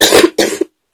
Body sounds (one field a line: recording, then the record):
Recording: coughing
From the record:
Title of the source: 55 gaggy wet cough